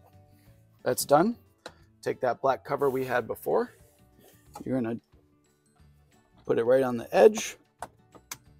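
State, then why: Seated. A black plastic cabin air filter cover is set on the edge of the filter housing opening behind the glove box and pressed in while someone talks. Two sharp clicks at 7.8 s and 8.3 s mark its two small tabs snapping into place, seating the cover.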